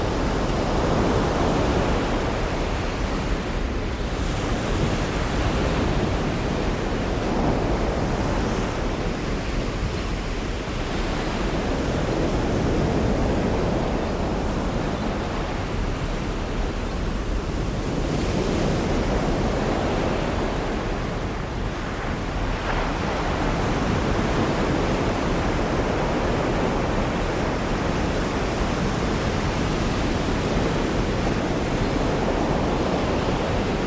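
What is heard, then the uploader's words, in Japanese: Rough sea waves on the Amalfi coast pound continuously in a dense, heavy roar with a strong low rumble. The surf swells and recedes about every five to seven seconds, each surge adding a brighter hiss of spray. Wind adds to the noise throughout. 海の音。イタリアのアマルフィ海岸の荒れた波から、地中海の自然な響きが耳元で静かに語りかけます。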